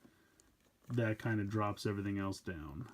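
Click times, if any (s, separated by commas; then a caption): none. A plastic action figure's head is set into the headpiece of its battle armor after the figure is dropped in, which triggers the headpiece mechanism, while someone talks over nearly the whole clip. Only a faint, brief tap is heard at 0.4 s before the talking starts. The headpiece does not snap secure on the figure's head, and nothing has seated or clicked yet.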